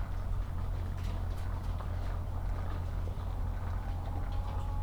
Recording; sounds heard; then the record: poultry house recording; sick chickens (respiratory disease)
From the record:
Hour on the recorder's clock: 8